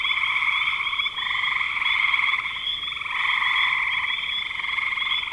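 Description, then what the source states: Frogs calling in a dense chorus of overlapping pulsed trills, steady and continuous, with a brief dip just after the first second. Frogs recorded in spring 2025.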